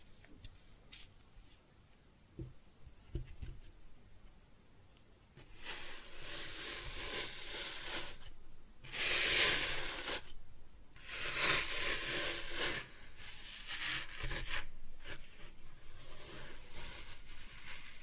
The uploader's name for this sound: ASMR Kinetic Sand Cutting and Scooping Sounds